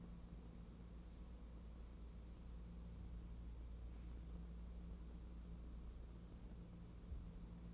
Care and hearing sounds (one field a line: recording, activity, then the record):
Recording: daily activity, microphone in the room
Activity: wipe stove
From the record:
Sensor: 1